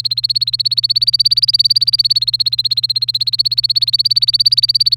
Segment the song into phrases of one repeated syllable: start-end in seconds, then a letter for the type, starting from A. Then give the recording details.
0.00-4.97 A. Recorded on 1 May 2018 at 07:06. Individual llb3